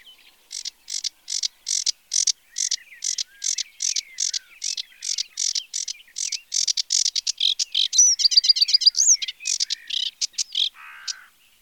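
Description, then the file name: Sedge warbler singing a steady series of scratchy chirps at a regular pace, then breaking into a quick run of whistled, rising and falling trills before a brief buzzy ending. "Phragmite des joncs"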